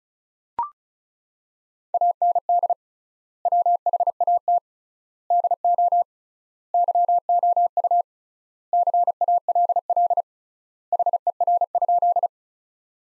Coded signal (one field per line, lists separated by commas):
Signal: Morse code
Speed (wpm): 35 wpm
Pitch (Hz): 700 Hz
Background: none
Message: AND WHAT DO YOU CALL HER?